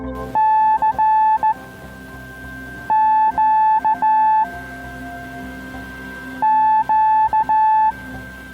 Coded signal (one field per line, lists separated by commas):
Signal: Morse code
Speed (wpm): 15 wpm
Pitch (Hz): 870 Hz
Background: music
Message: C Q Q